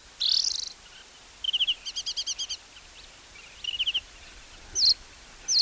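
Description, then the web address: Lark calls: a mix of high chirps and fast stuttering trills in short bursts, ending with two sharp downslurred notes. "animal song-lark-call"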